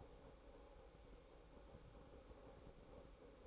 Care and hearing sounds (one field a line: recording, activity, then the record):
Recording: daily activity, microphone in the room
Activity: make coffee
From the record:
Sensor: 1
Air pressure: 1007.4 hPa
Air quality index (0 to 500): 82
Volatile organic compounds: 1 ppm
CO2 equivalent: 708 ppm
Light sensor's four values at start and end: 8/19/8/9 and 8/19/8/9